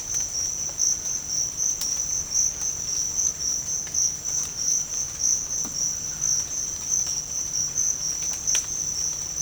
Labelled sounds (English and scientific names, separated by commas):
none